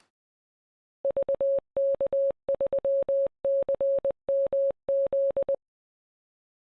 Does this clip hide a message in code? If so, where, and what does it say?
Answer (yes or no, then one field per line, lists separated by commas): yes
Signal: Morse code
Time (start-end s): 1.0-5.6 s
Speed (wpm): 20 wpm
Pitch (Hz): 550 Hz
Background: none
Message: VK3CMZ